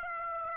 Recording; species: mosquito wingbeat signal from an infrared sensor; Aedes aegypti